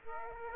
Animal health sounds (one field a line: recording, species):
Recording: mosquito wingbeat signal from an infrared sensor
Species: Aedes aegypti